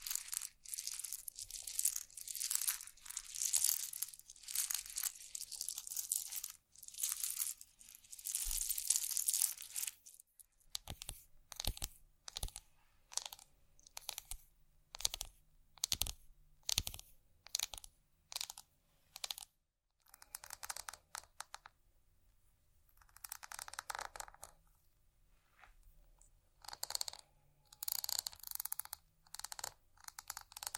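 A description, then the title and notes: Dry handling sounds: bright scratching bursts in the first ten seconds, then a run of sharp, evenly spaced taps on a hard surface. After a brief pause near twenty seconds, irregular crunchy scratching and tapping resume until the end. Vinyl,wood,tapping,scratchig,chain,glass,etc.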